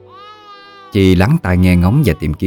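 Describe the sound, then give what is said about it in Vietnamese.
A newborn baby girl, lying in a bush by a roadside, gives a thin, high, wavering wail that rises and holds for about a second at moderate volume, then stops as a voice begins speaking clearly. “Nhưng hôm nay có một điều khiến cho bước chân của cô chùng lại, đó là tiếng khóc của trẻ con cứ cất lên không ngừng.”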